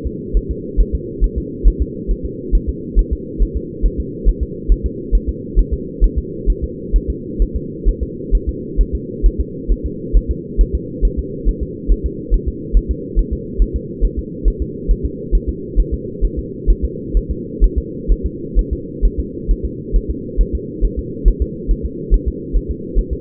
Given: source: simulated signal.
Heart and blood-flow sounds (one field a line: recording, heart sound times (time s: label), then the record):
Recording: fetal heart sounds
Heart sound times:
0.07 s: S2
0.37 s: S1
0.51 s: S2
0.80 s: S1
0.95 s: S2
1.24 s: S1
1.38 s: S2
1.68 s: S1
1.82 s: S2
2.11 s: S1
2.25 s: S2
2.55 s: S1
2.69 s: S2
2.99 s: S1
3.13 s: S2
3.42 s: S1
3.57 s: S2
3.86 s: S1
4.00 s: S2
4.28 s: S1
4.43 s: S2
4.72 s: S1
4.86 s: S2
5.15 s: S1
5.29 s: S2
5.59 s: S1
5.73 s: S2
6.04 s: S1
6.18 s: S2
6.50 s: S1
6.64 s: S2
6.96 s: S1
7.10 s: S2
7.42 s: S1
7.56 s: S2
7.88 s: S1
8.03 s: S2
8.35 s: S1
8.49 s: S2
8.81 s: S1
8.95 s: S2
9.26 s: S1
9.40 s: S2
9.72 s: S1
9.86 s: S2
10.16 s: S1
10.31 s: S2
10.61 s: S1
10.75 s: S2
11.05 s: S1
11.19 s: S2
11.49 s: S1
11.63 s: S2
11.91 s: S1
12.06 s: S2
12.34 s: S1
12.48 s: S2
12.77 s: S1
12.91 s: S2
13.19 s: S1
13.33 s: S2
13.62 s: S1
13.76 s: S2
14.05 s: S1
14.19 s: S2
14.48 s: S1
14.62 s: S2
14.91 s: S1
15.05 s: S2
15.35 s: S1
15.49 s: S2
15.80 s: S1
15.94 s: S2
16.25 s: S1
16.39 s: S2
16.70 s: S1
16.84 s: S2
17.17 s: S1
17.31 s: S2
17.64 s: S1
17.78 s: S2
18.12 s: S1
18.26 s: S2
18.59 s: S1
18.73 s: S2
19.05 s: S1
19.19 s: S2
19.51 s: S1
19.65 s: S2
19.96 s: S1
20.10 s: S2
20.41 s: S1
20.55 s: S2
20.85 s: S1
20.99 s: S2
21.28 s: S1
21.42 s: S2
21.71 s: S1
21.85 s: S2
22.14 s: S1
22.28 s: S2
22.56 s: S1
22.71 s: S2
22.99 s: S1
23.13 s: S2
From the record:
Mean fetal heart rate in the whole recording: 135 bpm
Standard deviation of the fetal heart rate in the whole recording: 3 bpm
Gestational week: 36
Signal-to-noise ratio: -4.1 dB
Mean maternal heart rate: no maternal heart sound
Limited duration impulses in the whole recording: absent